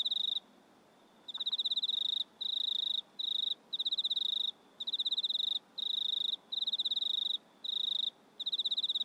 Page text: Insects Crickets Australian Night Loop Stereo. Sounds recorded at night in a country town